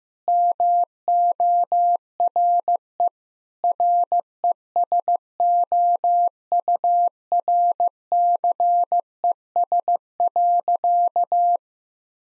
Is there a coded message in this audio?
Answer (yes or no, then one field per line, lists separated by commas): yes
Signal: Morse code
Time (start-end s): 0.3-11.6 s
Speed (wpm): 15 wpm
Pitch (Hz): 700 Hz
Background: none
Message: MORE RESOURCES.